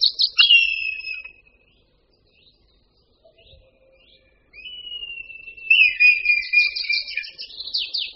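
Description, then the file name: Red kite: a sharp falling whistle, a quiet gap, then a long drawn whistle that breaks into rapid quavering notes. "Luňák-červený"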